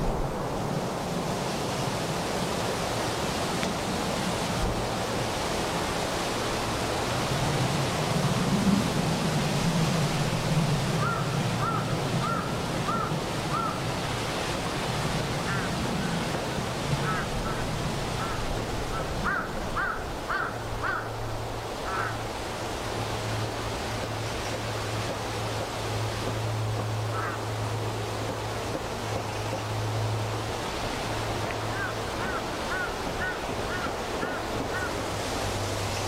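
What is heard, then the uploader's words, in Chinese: Wind blows steadily through a forest as a dense, even rush across low and high pitches. A low hum rises around eight to fifteen seconds and returns more steadily after twenty seconds, while faint bird-like chirps repeat at intervals from about eleven seconds on. 森林间的风。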